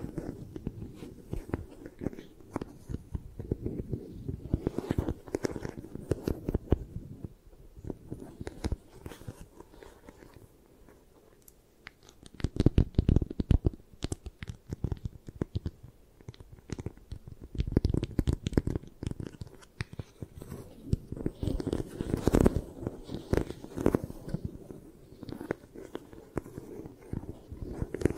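Dense, uneven tapping and scratching with soft low thuds, busy bursts around 13 and 18–23 seconds between quieter, sparser stretches.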